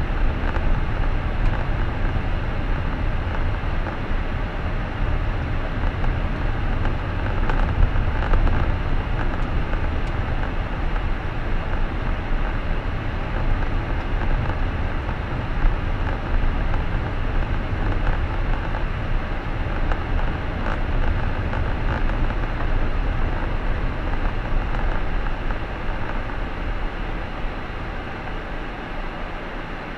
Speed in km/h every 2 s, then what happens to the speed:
42, 42, 41, 41, 41, 41, 40, 40, 39, 38, 35, 31, 24, 17, 11.
0-18 steady at about 41. 18-30 slows to 11.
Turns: none.